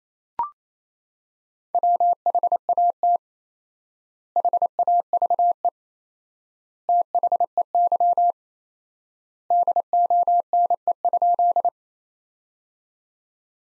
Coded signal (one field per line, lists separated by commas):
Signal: Morse code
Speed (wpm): 28 wpm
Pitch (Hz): 700 Hz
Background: none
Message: WHAT HAVE THEY DONE?